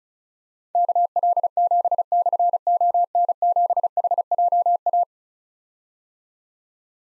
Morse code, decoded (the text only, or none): KL7/ON7HJA